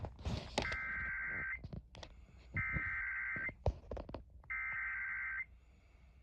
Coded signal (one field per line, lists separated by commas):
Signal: Emergency Alert System (SAME) tones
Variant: header bursts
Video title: DEEP SOUTH HAVOC... EAS Alerts from 12/28/24 (EAS #5,340 - 5,369)